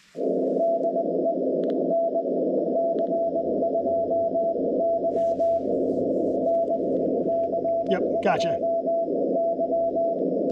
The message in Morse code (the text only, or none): DE NC2Y NC2Y